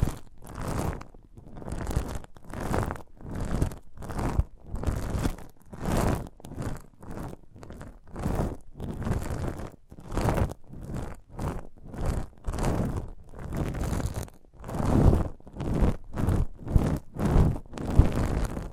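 Rhythmic crunching and tearing bites of a sprouted coconut, roughly one every half second, steady and dense with low, full-bodied crackle throughout.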